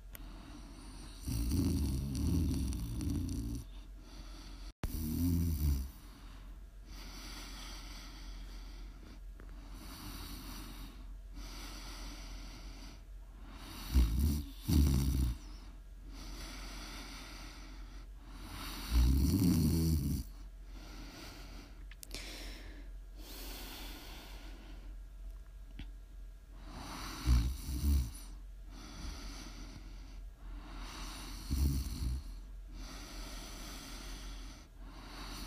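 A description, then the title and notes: Loud, rumbling snores come in bursts roughly every four to five seconds, with quieter breathy gaps and a soft steady hiss between them. Prime ASMR snoring.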